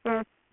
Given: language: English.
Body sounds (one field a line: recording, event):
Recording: throat vibration sensor signal played as sound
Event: speech